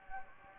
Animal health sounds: mosquito wingbeat signal from an infrared sensor; Anopheles gambiae

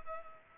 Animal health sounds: mosquito wingbeat signal from an infrared sensor; Culex pipiens

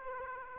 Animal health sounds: mosquito wingbeat signal from an infrared sensor; Aedes aegypti

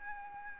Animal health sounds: mosquito wingbeat signal from an infrared sensor; Anopheles arabiensis

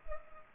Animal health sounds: mosquito wingbeat signal from an infrared sensor; Culex pipiens

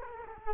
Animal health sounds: mosquito wingbeat signal from an infrared sensor; Culex quinquefasciatus

